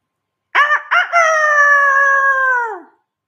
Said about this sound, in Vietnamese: Gà trống giận tình, quả nhiên không phụ sở vọng của Nhị Miêu. Đúng vào lúc này, cũng một tiếng gà gáy cao vút kêu to chấn động khắp nơi.